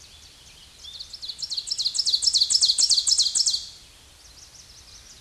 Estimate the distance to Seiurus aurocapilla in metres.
about 5 m